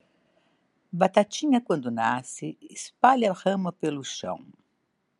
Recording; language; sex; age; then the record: short text; Brazilian Portuguese; female; 60 to 69 years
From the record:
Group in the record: control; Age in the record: 60 years